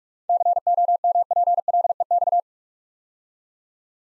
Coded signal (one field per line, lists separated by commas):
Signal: Morse code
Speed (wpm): 44 wpm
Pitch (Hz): 700 Hz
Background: none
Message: COMPLEX